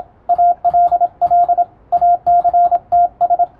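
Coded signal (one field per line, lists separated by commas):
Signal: Morse code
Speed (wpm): 27 wpm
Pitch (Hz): 700 Hz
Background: radio noise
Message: ALL ACTS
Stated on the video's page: Morse reception practice for radiotelegraph operators, copied by typing; Morse formerly used between ships and coast stations.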